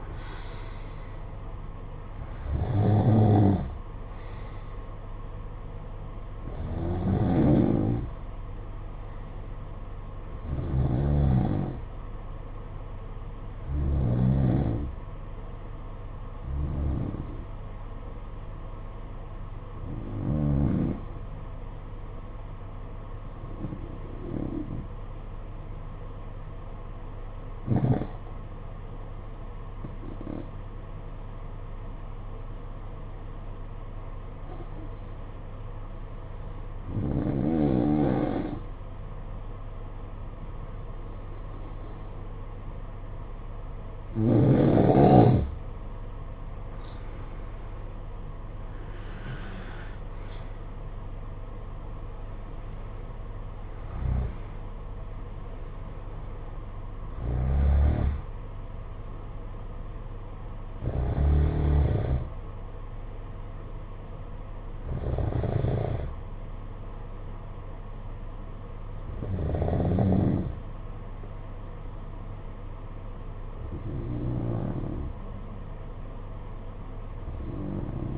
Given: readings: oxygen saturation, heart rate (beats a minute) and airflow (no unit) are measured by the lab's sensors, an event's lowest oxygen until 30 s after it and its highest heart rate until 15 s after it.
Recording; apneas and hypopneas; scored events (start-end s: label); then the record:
breathing in sleep by a smartphone at the bedside; 1
24.00-40.00 s: obstructive apnea (N2, oxygen 95% highest, then 88% lowest, heart rate 53 at the start, 66 highest)
61.00-78.18 s: new sleep stage, N1 (lightest sleep)
From the record:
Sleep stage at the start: N2 (light sleep); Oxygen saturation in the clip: 87 to 95%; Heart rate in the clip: 52 to 66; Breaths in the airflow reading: 16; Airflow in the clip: -9.9 to 10.1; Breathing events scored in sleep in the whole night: 476 in 9.7 hours asleep